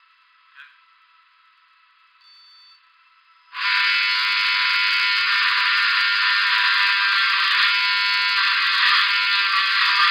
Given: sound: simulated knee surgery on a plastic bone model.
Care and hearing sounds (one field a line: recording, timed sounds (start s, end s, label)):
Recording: surgical tools on bone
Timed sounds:
3.64	10.11	sawing